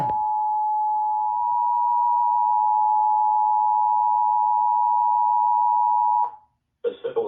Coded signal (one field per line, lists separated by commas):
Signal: Emergency Alert System (SAME) tones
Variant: 853 and 960 Hz attention tone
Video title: LAST DAY OF SCHOOL TESTS… (6/7/23) EAS 1043-1045